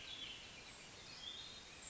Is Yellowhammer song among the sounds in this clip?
no